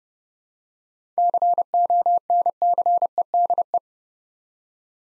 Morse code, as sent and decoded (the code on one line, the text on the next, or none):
-.-. --- -. -.-. . -.. .
CONCEDE